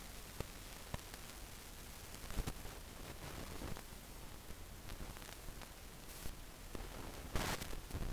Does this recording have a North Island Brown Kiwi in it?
no